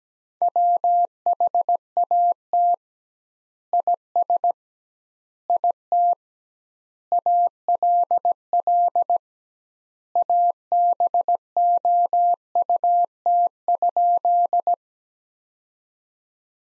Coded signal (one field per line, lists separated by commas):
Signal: Morse code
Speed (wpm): 17 wpm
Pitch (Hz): 700 Hz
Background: none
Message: WHAT IS IT ALL ABOUT?